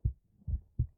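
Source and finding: Heart at chest. Heartbeat.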